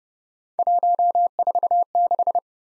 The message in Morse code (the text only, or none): 146